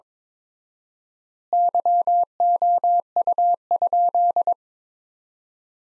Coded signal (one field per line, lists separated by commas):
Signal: Morse code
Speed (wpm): 23 wpm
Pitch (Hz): 700 Hz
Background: none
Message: YOU?